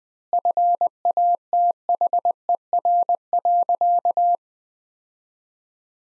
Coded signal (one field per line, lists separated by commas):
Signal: Morse code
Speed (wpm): 21 wpm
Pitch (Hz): 700 Hz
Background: none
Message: FATHER.